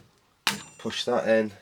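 A plastic retention clip on a new-old-stock CPU cooler is pushed into the motherboard retention bracket of an old IBM ThinkCentre, giving a sharp, loud click at 0.5 s. Someone talks afterward, and the clip is seated and locked into place.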